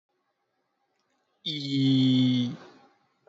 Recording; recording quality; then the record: sustained vowel as in beet; excellent, no background noise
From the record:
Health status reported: recovered from COVID-19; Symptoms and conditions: fever, muscle pain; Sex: male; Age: 28 years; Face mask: worn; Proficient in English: yes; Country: India